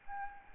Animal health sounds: mosquito wingbeat signal from an infrared sensor; Aedes albopictus

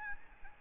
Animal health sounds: mosquito wingbeat signal from an infrared sensor; Aedes albopictus

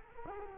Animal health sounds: mosquito wingbeat signal from an infrared sensor; Culex quinquefasciatus

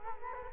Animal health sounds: mosquito wingbeat signal from an infrared sensor; Culex quinquefasciatus

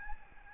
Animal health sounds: mosquito wingbeat signal from an infrared sensor; Aedes albopictus

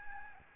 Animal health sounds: mosquito wingbeat signal from an infrared sensor; Aedes albopictus

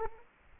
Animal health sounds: mosquito wingbeat signal from an infrared sensor; Aedes aegypti

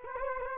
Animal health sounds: mosquito wingbeat signal from an infrared sensor; Culex quinquefasciatus

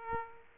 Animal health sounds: mosquito wingbeat signal from an infrared sensor; Aedes aegypti

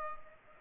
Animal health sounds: mosquito wingbeat signal from an infrared sensor; Culex pipiens

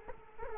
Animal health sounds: mosquito wingbeat signal from an infrared sensor; Culex quinquefasciatus

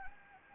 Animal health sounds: mosquito wingbeat signal from an infrared sensor; Anopheles gambiae

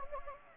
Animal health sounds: mosquito wingbeat signal from an infrared sensor; Anopheles gambiae

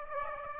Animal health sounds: mosquito wingbeat signal from an infrared sensor; Aedes aegypti

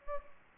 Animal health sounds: mosquito wingbeat signal from an infrared sensor; Aedes albopictus

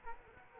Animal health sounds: mosquito wingbeat signal from an infrared sensor; Culex quinquefasciatus

